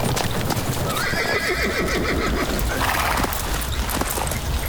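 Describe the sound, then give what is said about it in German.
Horses whinny loudly in rising, wavering calls while hooves clip-clop steadily underneath as they halt in a clearing, a busy, continuous clatter with no voices. “Setzt ab und lasst die Pferde ausruhen.”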